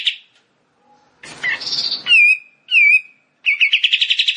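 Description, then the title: Bar-winged prinia song: a short buzzy note, a harsh scratchy passage, two clear whistles, then a rapid run of chipping notes. Rice-field (sawah) variety. "Ciblek Sawah"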